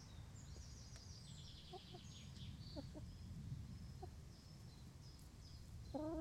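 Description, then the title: Chickens uttering brief, soft squeaky notes, then a clearer cluck at the very end, while small birds twitter at high pitch. Chickens in a henhouse making little noises while eating, Laren, Gelderland, 18 July 2015. "Henhouse. Kippenhok (Laren Gld"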